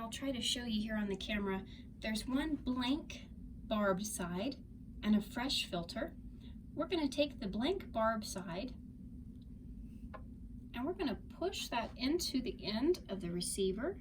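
A plastic wax guard changer tool, with one empty barbed side and one fresh filter, is held and lined up with the end of a hearing aid receiver before the empty barbed side is pushed in. Someone talks throughout, and no distinct handling sounds stand out. Nothing has clicked or seated yet.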